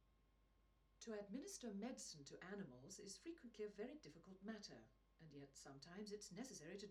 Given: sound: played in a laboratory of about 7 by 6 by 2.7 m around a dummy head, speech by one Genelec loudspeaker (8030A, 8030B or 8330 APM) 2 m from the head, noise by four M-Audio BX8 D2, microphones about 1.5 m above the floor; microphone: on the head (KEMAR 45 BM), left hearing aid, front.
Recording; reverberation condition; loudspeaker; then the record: female speech in English; low; in front (0 degrees)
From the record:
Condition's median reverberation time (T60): about 310 ms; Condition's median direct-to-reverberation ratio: about 3.5 dB